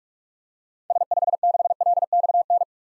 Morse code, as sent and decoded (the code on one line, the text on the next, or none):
... ..... -.... .-.. -..- -.
S56LXN